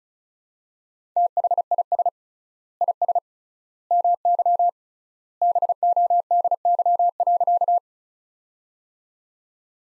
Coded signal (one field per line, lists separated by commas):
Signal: Morse code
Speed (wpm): 34 wpm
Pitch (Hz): 700 Hz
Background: none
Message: THIS IS MY BODY.